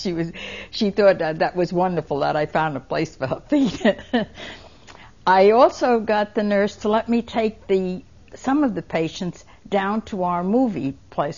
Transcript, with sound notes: She was, she thought that was wonderful that I found a place for her feet. (She's laughing.) I also got the nurse to let me take the, some of the patients down to our movie place.